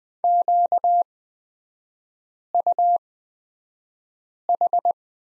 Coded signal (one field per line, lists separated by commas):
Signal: Morse code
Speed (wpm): 20 wpm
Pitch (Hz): 700 Hz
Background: none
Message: QUH